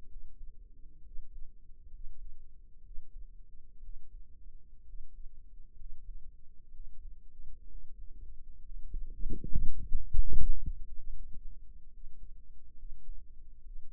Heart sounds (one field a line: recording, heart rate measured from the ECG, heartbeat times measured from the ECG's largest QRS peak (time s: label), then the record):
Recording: heart sounds by microphone in the right ear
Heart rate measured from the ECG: 66 bpm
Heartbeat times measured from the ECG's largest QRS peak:
0.06 s: heartbeat
1.02 s: heartbeat
1.89 s: heartbeat
2.81 s: heartbeat
3.79 s: heartbeat
4.84 s: heartbeat
5.74 s: heartbeat
6.70 s: heartbeat
7.67 s: heartbeat
8.59 s: heartbeat
9.44 s: heartbeat
10.29 s: heartbeat
11.10 s: heartbeat
11.89 s: heartbeat
12.75 s: heartbeat
13.61 s: heartbeat
From the record:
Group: healthy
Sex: male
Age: 22 years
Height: 181 cm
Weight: 79 kg